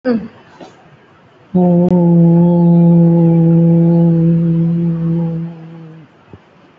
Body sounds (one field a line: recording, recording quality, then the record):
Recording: sustained vowel as in boot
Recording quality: excellent, no background noise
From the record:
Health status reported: recovered from COVID-19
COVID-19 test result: positive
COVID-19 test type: RT-PCR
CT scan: taken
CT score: 0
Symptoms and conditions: cough, cold, breathing difficulty, muscle pain, chronic lung disease, pneumonia, diabetes, another condition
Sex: male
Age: 53 years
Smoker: yes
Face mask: worn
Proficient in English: no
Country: India